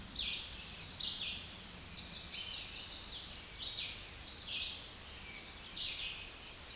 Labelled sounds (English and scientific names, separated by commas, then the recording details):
American Redstart (Setophaga ruticilla) song
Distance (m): 65 m
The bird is about 20 m above the microphone
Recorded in a Pennsylvania forest on 16 May 2024 at 09:02
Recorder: AudioMoth, point MSD-2305
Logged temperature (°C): 16.9 °C
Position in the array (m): 93 m, 242 m